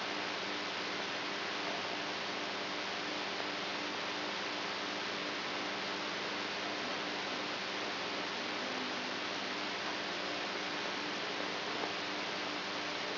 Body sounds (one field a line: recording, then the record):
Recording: brain microelectrode recording played as sound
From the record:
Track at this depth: outside the subthalamic nucleus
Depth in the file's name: 6.706 mm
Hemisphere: right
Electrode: 3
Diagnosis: Parkinson's disease